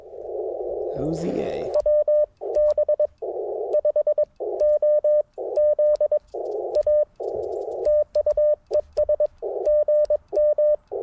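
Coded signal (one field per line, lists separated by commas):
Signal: Morse code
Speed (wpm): 22 wpm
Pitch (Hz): 600 Hz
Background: speech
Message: WB5OZA TU ES GM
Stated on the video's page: QRP CW Parks on the Air activation, Icom IC-705 with random wire antenna and tuner, sent with paddles.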